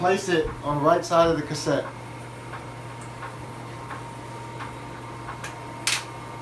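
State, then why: Seated. Someone talks for the first two seconds, then there is near silence with a steady low hum and a few faint ticks. After the X-ray film is loaded, the radiography film cassette lid is closed onto the cassette body, and its latch snaps shut with a single sharp click at 5.9 s. The cassette is seated and latched.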